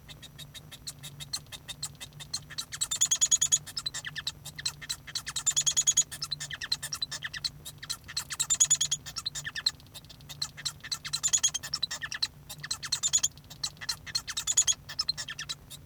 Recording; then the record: song of a male Bengalese finch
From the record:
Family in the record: son of father 1